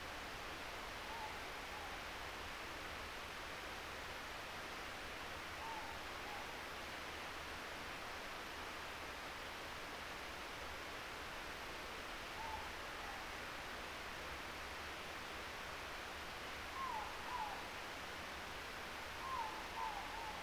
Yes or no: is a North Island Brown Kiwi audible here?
no